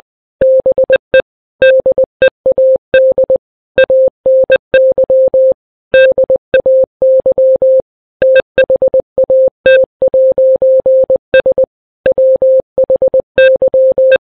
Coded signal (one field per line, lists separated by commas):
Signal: Morse code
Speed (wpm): 20 wpm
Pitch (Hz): 520 Hz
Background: none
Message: BE DEAD ANY DAY THAT'S WHY